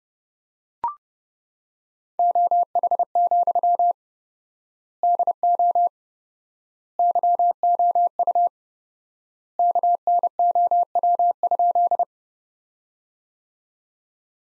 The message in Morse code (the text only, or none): OH, DO YOU KNOW?